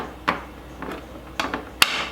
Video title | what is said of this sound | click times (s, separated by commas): RESTORATION of MY FORD ESCORT RS COSWORTH | There we go. It's clicked into place. | 1.8 s